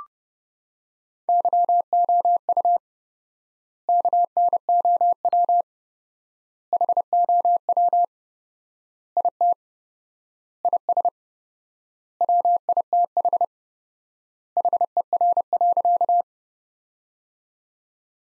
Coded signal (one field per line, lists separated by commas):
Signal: Morse code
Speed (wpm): 30 wpm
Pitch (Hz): 700 Hz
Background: none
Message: YOU KNOW HOW IT IS WITH HER.